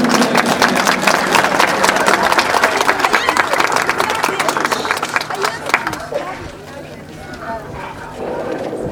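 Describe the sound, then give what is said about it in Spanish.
A crowd applauds the mayor of El Alto, architect Edgar Patana Ticona, at the inauguration of paving in Zona Atipiris 3, District 8, with loud, dense, rapid clapping for several seconds, then the clapping thins and fades into murmuring voices and scattered claps toward the end. “¡Fuerte los aplausos!”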